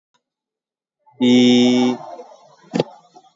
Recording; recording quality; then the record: sustained vowel as in beet; excellent, no background noise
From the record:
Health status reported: COVID-19 positive, mild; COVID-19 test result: positive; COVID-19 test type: RT-PCR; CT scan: taken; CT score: 16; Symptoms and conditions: cough, cold, fatigue, diabetes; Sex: male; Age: 43 years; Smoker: no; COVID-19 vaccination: both doses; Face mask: not worn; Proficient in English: yes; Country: India